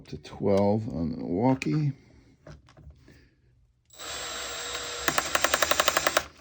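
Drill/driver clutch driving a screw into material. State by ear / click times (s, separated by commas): torque reached / 5.4 s, 5.5 s, 5.6 s, 5.7 s, 5.8 s, 5.9 s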